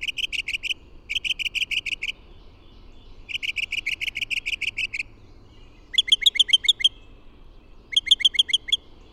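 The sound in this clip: Bird song: short bursts of rapid trilled notes separated by pauses, later turning into sharper, downward-sweeping notes in quick runs.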